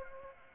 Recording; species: mosquito wingbeat signal from an infrared sensor; Aedes aegypti